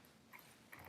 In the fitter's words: that just goes on and snaps in place.